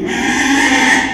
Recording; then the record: squeal of a Yucatan mini pig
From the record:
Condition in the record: after surgery on the right vocal fold (resection and tissue-engineered implant); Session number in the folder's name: 4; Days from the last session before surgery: 42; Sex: male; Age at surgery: 12 weeks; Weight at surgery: 13 kg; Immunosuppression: cyclosporine, prednisolone